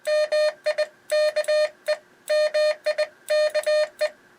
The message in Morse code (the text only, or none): MIKE MIKE